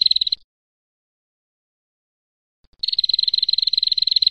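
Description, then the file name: Prinia trill: a short, rapid, buzzy high-pitched burst, then silence, then a longer rattling trill of fast, even pulses. Female; fifth variation of the call. "prenjak-betina-variasi-5"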